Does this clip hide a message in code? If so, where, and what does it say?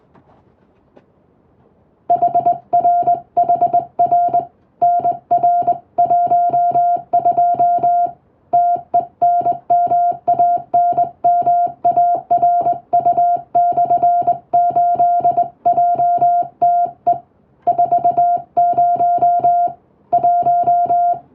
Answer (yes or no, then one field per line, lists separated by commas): yes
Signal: Morse code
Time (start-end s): 2.1-21.1 s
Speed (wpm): 21 wpm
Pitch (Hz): 700 Hz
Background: music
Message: HRHR NR12 TENMANMARU/8JTE 40 1